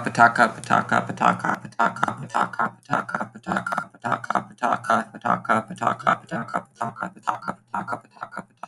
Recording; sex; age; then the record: repeated syllables /pa ta ka/; male; 20 to 29 years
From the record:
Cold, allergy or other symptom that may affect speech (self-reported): no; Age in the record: 22 years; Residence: Florida, United States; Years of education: 16